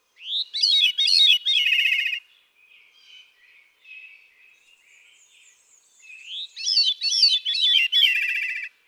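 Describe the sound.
Veery delivering two cascading, wheeling song phrases that spiral downward, one at the start and one near the end, with faint thin whistles filling the gap.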